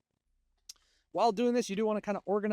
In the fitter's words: So, we'll slide that in. Get that to click as well.